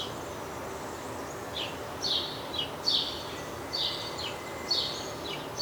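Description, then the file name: House sparrow gives several short bright chirps with uneven gaps over steady background noise. "Passer domesticus"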